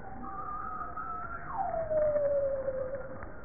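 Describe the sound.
Bowhead whale tonal call: a long, steady higher moan that drops sharply partway through, then glides slowly lower, over a faint low background hiss.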